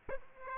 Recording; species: mosquito wingbeat signal from an infrared sensor; Aedes aegypti